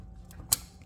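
A wiring harness connector is pushed by hand onto the variable valve timing (VVT) solenoid in the engine bay of a 2021–2025 Nissan Rogue 1.5L Turbo being serviced for bad VVT solenoids. After a faint tick near 0.3 s, a sharp, bright click at 0.5 s shows the connector latching into place, followed by a faint tick near 0.8 s. The connector is seated, and the click confirms the electrical connection is solid.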